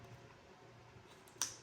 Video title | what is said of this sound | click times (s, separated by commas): 🤔 Dove Men+Care Ultimate 0% aluminum Refillable Deodorant Kit? | Okay. So they click in and out like that. | 1.4 s